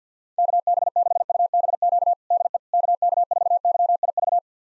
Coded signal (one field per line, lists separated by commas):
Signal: Morse code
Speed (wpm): 50 wpm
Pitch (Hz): 700 Hz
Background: none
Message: KB6UBQ DE KK4YIV